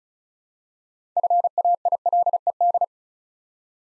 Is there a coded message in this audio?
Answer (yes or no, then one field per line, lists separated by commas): yes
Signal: Morse code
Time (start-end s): 1.2-2.8 s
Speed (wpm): 36 wpm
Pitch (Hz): 700 Hz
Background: none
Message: FAILED